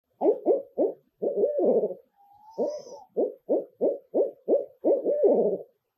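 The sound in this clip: Barred owl hooting: a rapid run of deep, gruff hoots, some drawn into longer wavering notes, broken midway by a thin rising squeal before more hoots.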